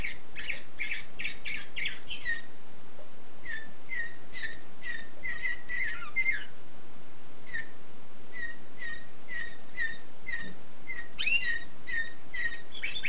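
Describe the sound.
Canary song: rapid chirpy trills and repeated short whistled notes in varied phrases, over steady low background rumble.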